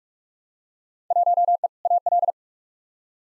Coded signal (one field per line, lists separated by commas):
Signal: Morse code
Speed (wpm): 46 wpm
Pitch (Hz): 700 Hz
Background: none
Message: 1E AL